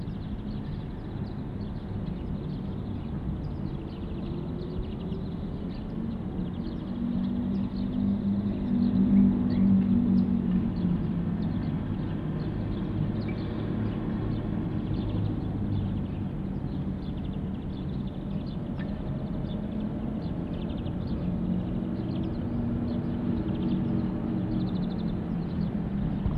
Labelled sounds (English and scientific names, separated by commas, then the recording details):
Corsac Fox (Vulpes corsac) barking
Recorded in captivity
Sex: male
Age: adult
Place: Zoologisches Institut der HUB, Berlin, DE
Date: 1966-04-02
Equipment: Telefunken Magnetophon 300, TD 300, Transistorverstärker 1
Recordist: Tembrock, Günter